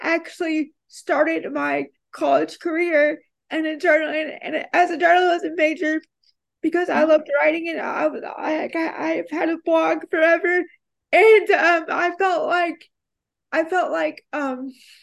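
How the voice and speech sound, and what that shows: A woman with a severe form of cerebral palsy speaks in short voiced bursts with frequent pauses, a high, uneven pitch, nasal and creaky vowels, blurred consonants and repeated starts. These features fit dysarthria from cerebral palsy, which makes speech effortful and harder to understand.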